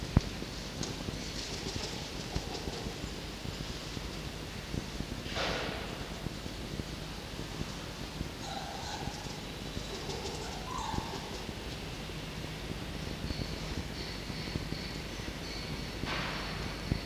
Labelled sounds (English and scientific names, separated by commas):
Red Fox (Vulpes vulpes)